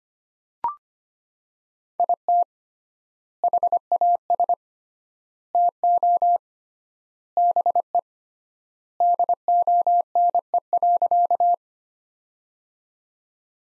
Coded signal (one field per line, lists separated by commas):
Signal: Morse code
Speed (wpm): 25 wpm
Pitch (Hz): 700 Hz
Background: none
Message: IT HAS TO BE DONE.